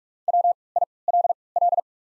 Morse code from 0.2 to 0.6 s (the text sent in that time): W